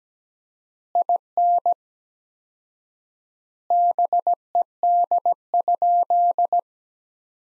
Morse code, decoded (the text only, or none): IN BED?